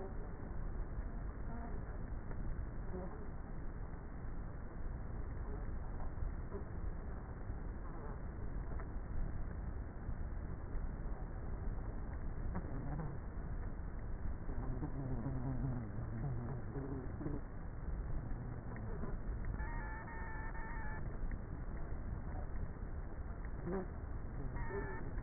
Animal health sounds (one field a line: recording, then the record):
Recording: honeybee colony, microphone inside the hive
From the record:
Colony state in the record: queenless with a low population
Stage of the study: before two queens were removed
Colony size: about 30,000 bees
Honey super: no